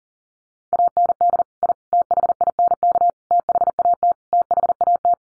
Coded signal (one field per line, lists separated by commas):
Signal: Morse code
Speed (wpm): 40 wpm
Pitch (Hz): 700 Hz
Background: none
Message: AND I THINK THAT THAT